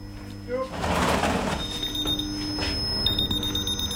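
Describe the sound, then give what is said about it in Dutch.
A walk-through metal detector alarm at the security check of the TBS clinic Oostrum, set off by a microphone held in the hand, sounds a steady, high electronic tone in two stretches, the second one longer, over a murmur of background noise and movement. “Nou natuurlijk een microfoon in je hand, dus hij gaat nu daardoor af.”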